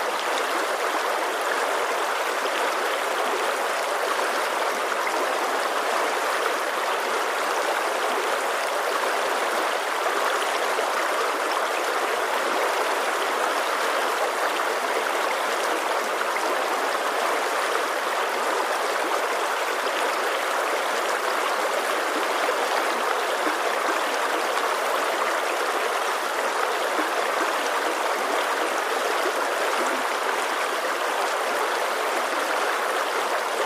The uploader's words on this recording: Mountain Stream Water Sounds.